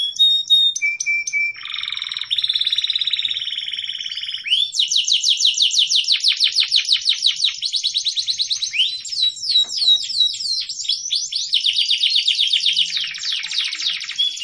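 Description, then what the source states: Atlantic canary song opening with short whistled notes and a steady buzzy tone, then long rapid trills and quick descending sweeps run together without pause. Canary singing with cengkok (varied melodic phrasing), F2 bird, loud, with long song duration of about one minute.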